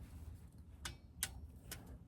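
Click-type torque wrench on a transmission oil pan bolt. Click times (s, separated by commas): 1.2 s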